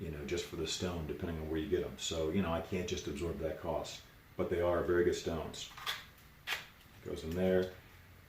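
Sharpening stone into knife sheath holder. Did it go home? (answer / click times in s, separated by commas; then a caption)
no / none. A sharpening stone is handled and brought toward its holder pocket on a knife's sheath while someone talks. Faint handling sounds come between the speech. Nothing has seated or clicked yet.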